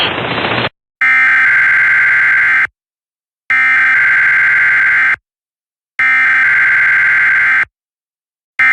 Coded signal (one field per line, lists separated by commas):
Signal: Emergency Alert System (SAME) tones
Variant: header bursts